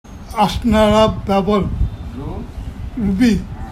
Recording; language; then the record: elicited speech; Bengali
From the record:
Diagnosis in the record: Broca's or global aphasia after a stroke